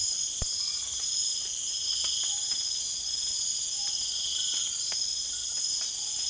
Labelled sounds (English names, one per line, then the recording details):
none
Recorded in secondary vegetation near Puerto Asís, Putumayo, Colombia, on 24 June 2025
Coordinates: 0.488, -76.319
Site G094